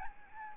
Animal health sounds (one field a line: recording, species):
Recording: mosquito wingbeat signal from an infrared sensor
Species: Aedes albopictus